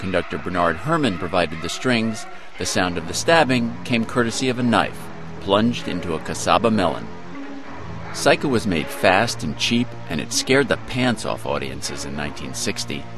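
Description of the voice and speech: One adult man speaks clearly and fluently in a low, steady voice with a relaxed broadcast-narration rhythm and only brief pauses between phrases. Articulation and voice quality are ordinary, with no hoarseness, slurring or repetitions.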